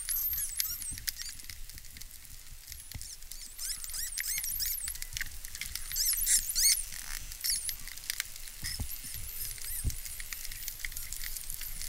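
Dolphin whistles, high sweeping and looping tones overlapping one another, with scattered clicks and crackling underwater noise throughout.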